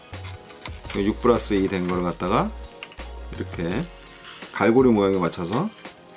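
A 6+2 pin CPU auxiliary power plug is being handled at a motherboard header, meant to be pushed in until its hook latch catches, while someone talks over background music. Brief sharp ticks occur at about 0.1, 0.7 and 2.8 seconds, but the plug has not seated or clicked yet.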